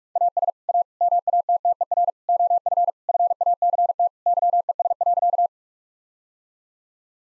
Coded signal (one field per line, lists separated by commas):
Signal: Morse code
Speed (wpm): 43 wpm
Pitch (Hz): 700 Hz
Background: none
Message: AS A MATTER OF FACT YES.